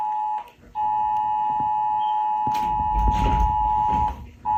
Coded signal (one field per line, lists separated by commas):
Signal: Emergency Alert System (SAME) tones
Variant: 853 and 960 Hz attention tone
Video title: Karen EAS 2: death